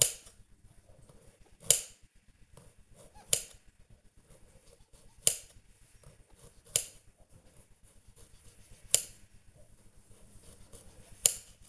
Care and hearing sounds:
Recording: household activities, microphone on the right wrist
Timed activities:
0.00-11.69 s: cutting vegetables

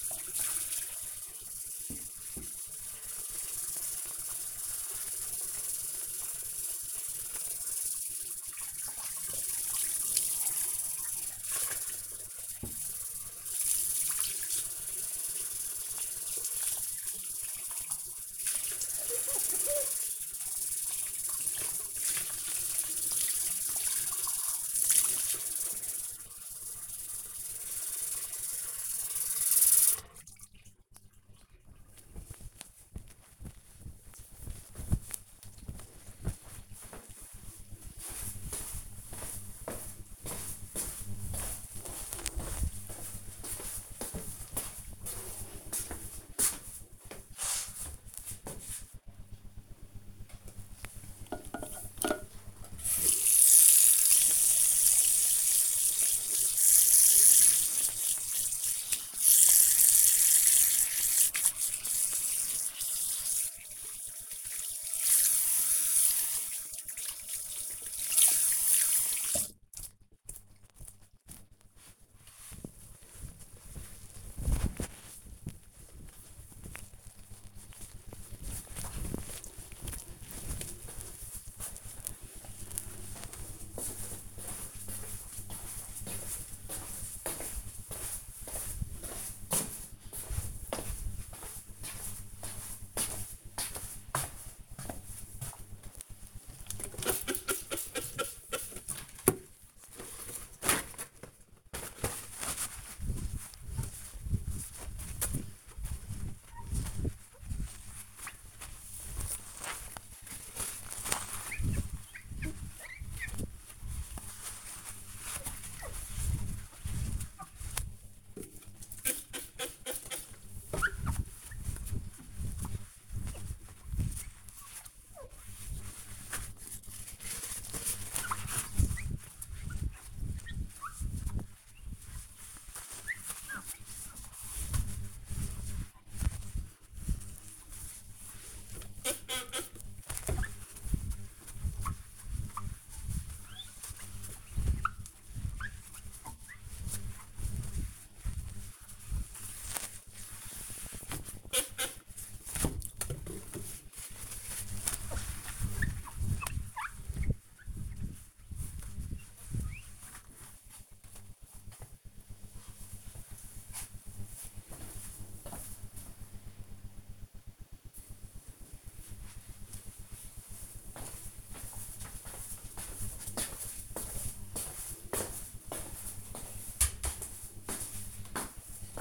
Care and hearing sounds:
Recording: household activities, microphone on the right wrist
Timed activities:
0.00-30.48 s: washing dishes
49.62-70.76 s: washing hands
94.91-160.35 s: window cleaning
177.49-179.01 s: cutting vegetables

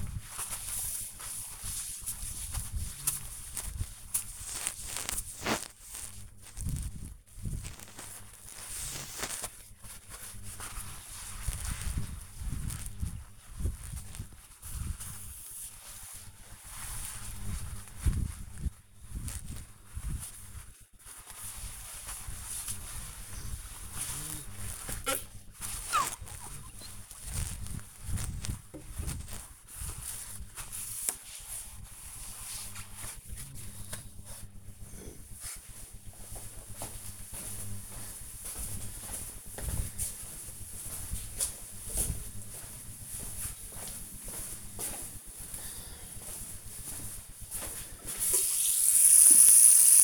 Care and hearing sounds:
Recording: household activities, microphone on the right wrist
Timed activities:
0.00-32.99 s: window cleaning
47.09-50.04 s: washing hands

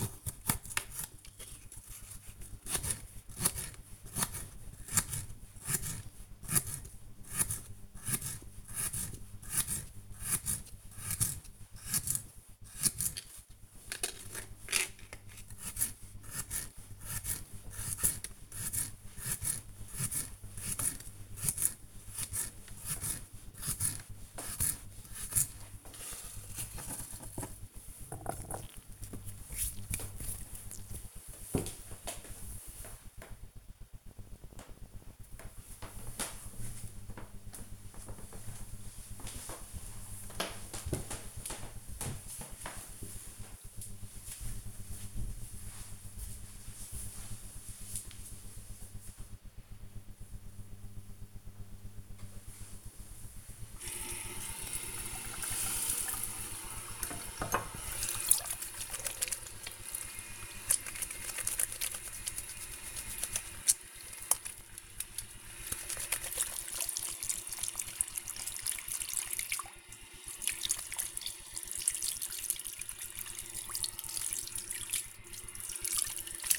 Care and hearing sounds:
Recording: household activities, microphone on the right wrist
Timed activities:
0.00-29.23 s: cutting vegetables
51.38-76.59 s: washing hands

